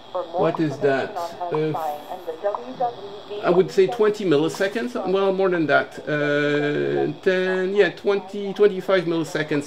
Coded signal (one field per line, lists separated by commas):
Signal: radio time signal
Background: speech